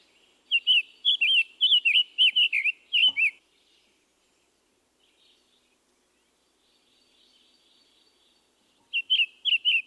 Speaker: His song also has that sing-song rhythm. However, it is less burry than the scarlet tanager. Listen to the summer tanager.